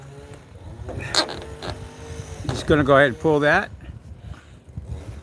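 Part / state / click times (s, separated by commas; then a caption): bird-proofing mesh clip on a solar panel frame edge / not seated / none. A bird-proofing mesh clip is pulled along the edge of a solar panel frame while someone talks, with outdoor wind noise and a few brief knocks in the background. The clip is being handled and has not seated or clicked yet.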